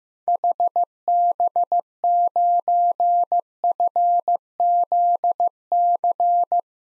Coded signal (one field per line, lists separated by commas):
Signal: Morse code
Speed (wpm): 15 wpm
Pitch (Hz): 700 Hz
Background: none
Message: HB9FZC